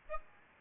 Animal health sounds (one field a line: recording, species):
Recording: mosquito wingbeat signal from an infrared sensor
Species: Aedes albopictus